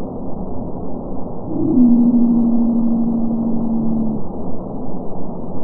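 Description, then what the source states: Pygmy blue whale song, sped up, a single long steady tonal unit that starts with a brief rise, then holds a level hum for about two and a half seconds over constant ocean rumble. Madagascan pygmy blue whale, sped up ten times.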